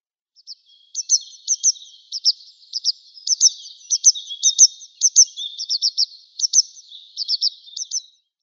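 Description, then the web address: Grey wagtail calls: sharp, high, metallic 'tzit' notes, often doubled or tripled, repeated in an uneven string for about seven seconds. "Schulze Peter Grey Wagtail calls"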